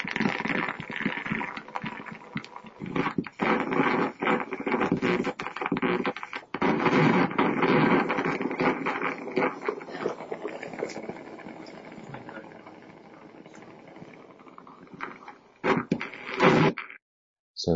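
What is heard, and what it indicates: Dense, irregular crackling and popping from a needle electrode in the muscle of an anesthetized animal. It sounds like frying eggs, rain on a roof or rustling paper. These are spontaneous fibrillation potentials and positive sharp waves, which are absent in normal resting muscle. They appear about 7 to 10 days after nerve damage and signal nerve or muscle damage without showing its cause.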